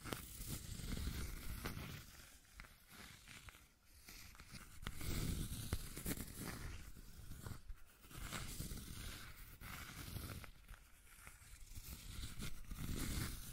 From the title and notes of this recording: ASMR 1 Hour Scratching and Tracing Sounds (No Talking).